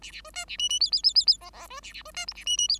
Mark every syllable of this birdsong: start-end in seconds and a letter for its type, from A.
0.01-0.11 A, 0.11-0.21 A, 0.24-0.30 B, 0.33-0.45 C, 0.47-0.57 A, 0.58-0.69 D, 0.69-0.80 D, 0.80-0.91 E, 0.92-1.02 E, 1.03-1.14 E, 1.15-1.26 E, 1.27-1.37 E, 1.40-1.50 F, 1.53-1.67 F, 1.68-1.80 B, 1.82-1.93 A, 1.93-2.02 A, 2.05-2.11 B, 2.14-2.26 C, 2.27-2.33 G, 2.35-2.44 A, 2.46-2.57 D, 2.57-2.68 D, 2.68-2.79 E